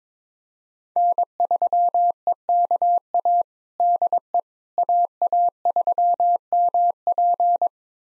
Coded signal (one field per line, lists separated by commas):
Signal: Morse code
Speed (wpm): 22 wpm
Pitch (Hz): 700 Hz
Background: none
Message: N3EKA DE AA3MP